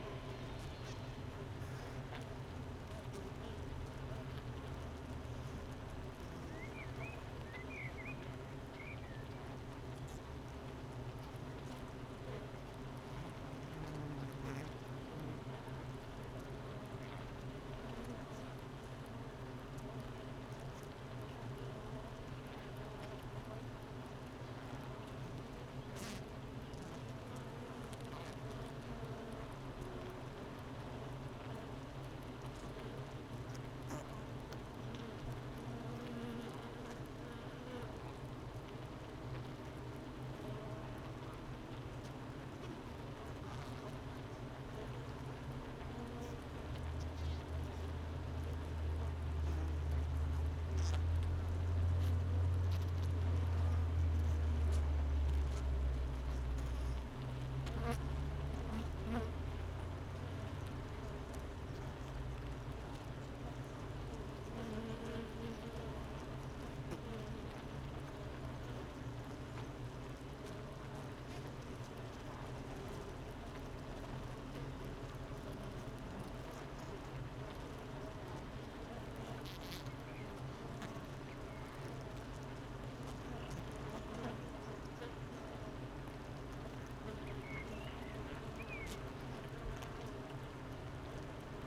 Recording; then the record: honeybee colony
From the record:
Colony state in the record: missing queen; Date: 31 May 2018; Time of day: 9:03